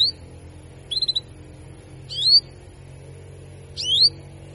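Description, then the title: Canary uttering a high upslurred call, a brief stuttered burst, then two longer rising chirps, spaced one to two seconds apart, with faint low hum underneath. Belgian canary; female canary giving 'cuit cuit' calls to stimulate and excite male canaries into singing more actively. "Canto Para Esquentar Canário Belga. Therapy Suara Cuit.. Cuit.. Kenari Betina Bikin Kenari Jantan Makin Gacor"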